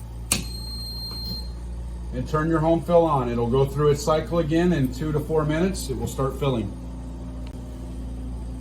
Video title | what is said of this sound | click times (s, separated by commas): Invacare Homefill 2 Patient Education | load the home fill back on, click it in till you hear the click, | 0.3 s